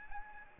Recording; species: mosquito wingbeat signal from an infrared sensor; Aedes albopictus